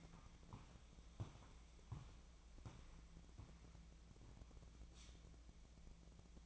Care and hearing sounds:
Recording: daily activity, microphone in the room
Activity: walk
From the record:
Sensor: 1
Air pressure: 1012.2 hPa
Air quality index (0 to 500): 177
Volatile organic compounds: 3 ppm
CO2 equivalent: 1454 ppm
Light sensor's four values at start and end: 42/117/47/57 and 44/121/49/60

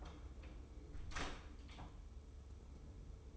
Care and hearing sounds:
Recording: daily activity, microphone in the room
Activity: close door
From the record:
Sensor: 1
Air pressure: 1015.2 hPa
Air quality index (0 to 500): 132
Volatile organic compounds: 5 ppm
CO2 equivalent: 1819 ppm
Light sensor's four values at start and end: 14/33/14/15 and 14/33/14/15

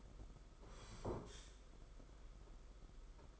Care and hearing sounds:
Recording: daily activity, microphone in the room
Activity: sit down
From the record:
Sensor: 5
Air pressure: 991.8 hPa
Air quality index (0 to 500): 143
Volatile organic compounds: 132 ppm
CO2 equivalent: 3938 ppm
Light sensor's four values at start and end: 32/108/40/43 and 32/108/40/43

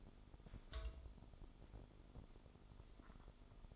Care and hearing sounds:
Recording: daily activity, microphone in the room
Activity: take from stove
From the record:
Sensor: 5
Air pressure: 988.4 hPa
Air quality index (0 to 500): 204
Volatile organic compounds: 83 ppm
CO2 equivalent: 3630 ppm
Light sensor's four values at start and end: 48/141/56/61 and 48/140/55/60

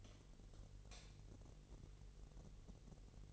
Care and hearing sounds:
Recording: daily activity, microphone in the room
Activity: light off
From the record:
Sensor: 4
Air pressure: 1012.8 hPa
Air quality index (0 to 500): 248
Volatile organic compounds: 4 ppm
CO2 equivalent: 1651 ppm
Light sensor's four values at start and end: 16/38/15/16 and 14/32/13/13

